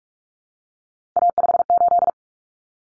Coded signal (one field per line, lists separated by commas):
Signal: Morse code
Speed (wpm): 44 wpm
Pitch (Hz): 700 Hz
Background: none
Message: A58